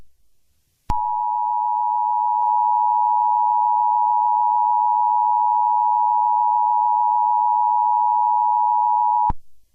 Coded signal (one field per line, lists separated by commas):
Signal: Emergency Alert System (SAME) tones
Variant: 853 and 960 Hz attention tone